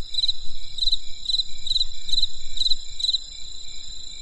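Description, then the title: Insect calls as quick pulsed chirps in a series above a continuous shrill hum, low rumble underneath. Crisp insect sounds on a winter night in the countryside. "There was a crisp sound of insects in the winter night. Come and experience a sound therapy feast from the countryside"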